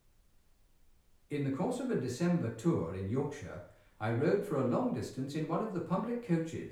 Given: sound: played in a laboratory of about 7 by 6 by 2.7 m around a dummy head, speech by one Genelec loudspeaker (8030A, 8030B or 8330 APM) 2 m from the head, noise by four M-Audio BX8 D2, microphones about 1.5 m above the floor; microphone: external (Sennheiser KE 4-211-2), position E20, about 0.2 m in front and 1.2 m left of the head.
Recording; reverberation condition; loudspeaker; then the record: male speech in English; medium; 60 degrees to the right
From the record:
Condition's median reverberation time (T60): about 510 ms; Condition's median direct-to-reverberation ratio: about -0.5 dB